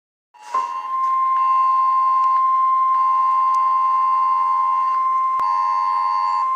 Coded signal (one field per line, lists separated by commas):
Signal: Emergency Alert System (SAME) tones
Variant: 1050 Hz attention tone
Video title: EAS 1 Tornado Warning